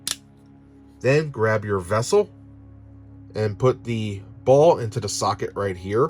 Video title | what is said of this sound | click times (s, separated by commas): Hot Wheels Star Wars Starships Select #13 Resistance X-Wing Review | so what you do is you take your base plate take your pylon put it in like so hear that click | 0.1 s